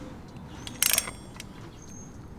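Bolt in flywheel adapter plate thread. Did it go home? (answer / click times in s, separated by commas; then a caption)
no / 0.8 s, 0.9 s, 1.0 s. A second metal bolt in a flywheel adapter plate thread on an SL500 stick-shift conversion is tightened with a wrench, giving a short burst of sharp metallic clicks at 0.8, 0.9 and 1.0 s, with fainter ticks around them. The bolt does not hold; its thread strips while tightening, leaving it stripped like the first.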